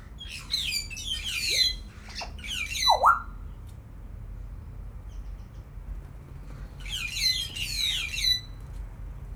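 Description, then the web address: Grey parrot giving harsh, squawky harmonic utterances in two bursts separated by a pause, over a steady low hum. Captive bird at a zoo in Szeged, recorded 2011, saying the word "Jakó" twice. "szegedizoo 2011 jakopapagaj ketszerjako"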